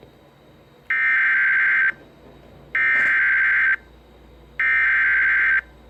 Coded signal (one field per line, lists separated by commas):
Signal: Emergency Alert System (SAME) tones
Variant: header bursts